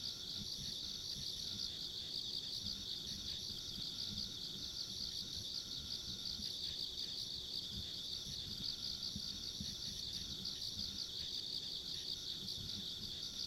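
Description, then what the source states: Insect chorus: continuous high buzzing trills layered together without pause, a thinner pulsed trill higher up, and low irregular background rumble. Ambient insect sounds along a rural country road.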